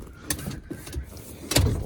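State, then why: Released. A second-row Expedition captain seat, swapped into a 2016 7.3 Excursion, has its release latch worked one-handed, and the seat pulls free of its floor strikers. A sharp latch click is heard at 0.3 s, followed by a louder clunk around 1.5–1.6 s. The latch releases and the seat comes right out, working as intended.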